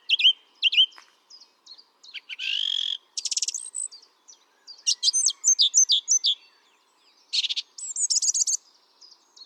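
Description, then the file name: Song thrush song: a varied run of scratchy chatters, buzzy rattles and high whistles, some short notes repeated in quick clusters. "Turdus philomelos"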